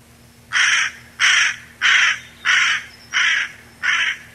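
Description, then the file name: Carrion crow calling a steady series of six harsh caws, evenly spaced about two-thirds of a second apart. Recorded 10-07-92. "10 07 92 Ccorone"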